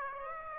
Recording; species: mosquito wingbeat signal from an infrared sensor; Aedes aegypti